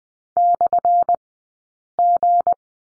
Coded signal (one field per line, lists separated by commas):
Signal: Morse code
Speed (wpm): 20 wpm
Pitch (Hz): 700 Hz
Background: none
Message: /G